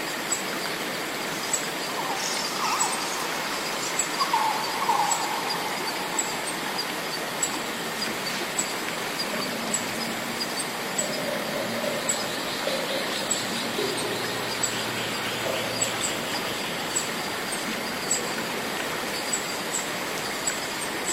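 Cicadas and other rainforest insects make a dense, unbroken hiss from start to finish, with thin, high ticking chirps repeating at a steady pace above it. A couple of brief whistling notes appear around four to five seconds, and a soft low hum drifts through the middle.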